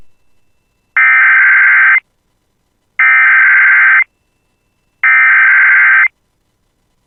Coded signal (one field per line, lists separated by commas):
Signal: Emergency Alert System (SAME) tones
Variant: header bursts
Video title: [EAS] Tornado Watch 273 for Hubbard and Cass Counties (Just South of Bemidji) [6/16/25]